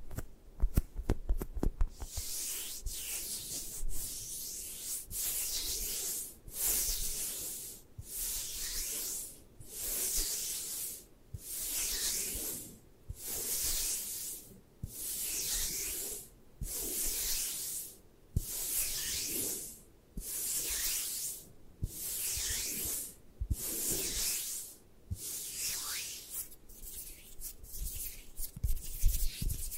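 Eye massage sounds: steady, rhythmic bright rubbing and scratching strokes about every second and a half, framed by quick scattered taps at the start and end.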